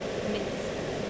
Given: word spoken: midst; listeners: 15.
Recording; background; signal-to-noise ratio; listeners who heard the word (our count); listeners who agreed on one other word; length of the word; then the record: one English word in noise, from a listening test; speech-shaped noise; -6.3 dB; 1 of 15; 6 of 15; 0.70 s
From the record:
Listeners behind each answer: 6, 3, 2, 2, 1, 1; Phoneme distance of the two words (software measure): 7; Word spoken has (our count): 1 syllable, 5 phonemes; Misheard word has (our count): 1 syllable, 4 phonemes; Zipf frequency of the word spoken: 3.59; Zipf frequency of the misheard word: 3.95